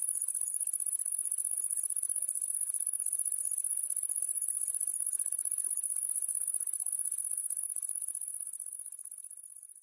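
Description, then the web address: Great green bush-cricket giving a sustained high-pitched rattling buzz, rapid and unbroken, fading slightly toward the end. Recorded at Sissonne. "Sissonne Grande-sauterelle-verte Tettigonia-viridissima"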